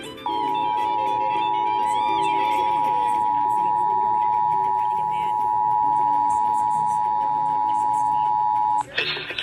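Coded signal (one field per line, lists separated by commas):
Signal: Emergency Alert System (SAME) tones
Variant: 853 and 960 Hz attention tone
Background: speech, music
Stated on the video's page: Required Monthly Test received on Seattle-area broadcast radio, TV, cable and NOAA Weather Radio 162.550 MHz and 162.425 MHz, recorded from weather radios.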